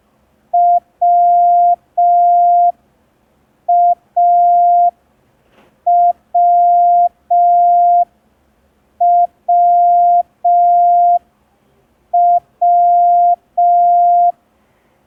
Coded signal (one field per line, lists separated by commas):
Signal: Morse code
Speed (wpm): 5 wpm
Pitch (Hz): 700 Hz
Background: none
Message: WAWWW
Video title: [MC–03] Learn Morse Code in 10 Days (Day 3) – ASOC Tutorials India